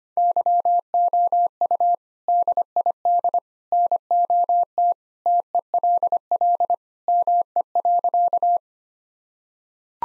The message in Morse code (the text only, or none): YOU DID NOT TELL ME.